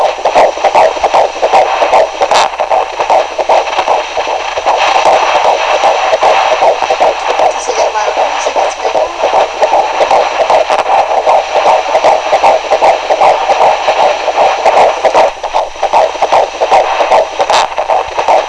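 A rapid, steady whooshing pulse beats at about 150 a minute over a constant hiss, typical of a Doppler fetal monitor. The fast rate fits a normal fetal heartbeat.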